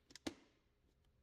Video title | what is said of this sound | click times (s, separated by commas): XAG P100 Pro - SIM Card & Setting APN Tutorial | and taking the rear of the hood and pushing down until you hear a click. | 0.3 s